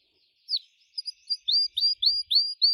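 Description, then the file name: Gloster canary song, a short sequence of rising whistled notes repeated about three times per second. "canto do canario gloster"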